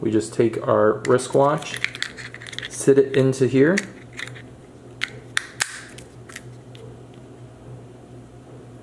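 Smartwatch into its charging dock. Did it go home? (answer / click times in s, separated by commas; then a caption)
yes / 5.4 s. Someone talks while setting a Fitbit Versa smartwatch, wristband still on, into its plastic charging dock and pressing it down. A few light taps and knocks are heard as it goes in, and it clicks into place at 5.4 s, seated in the dock.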